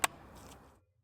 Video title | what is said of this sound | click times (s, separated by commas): How to Remove Towing Squeak | and gently push the pad until you feel and hear a click. | 0.0 s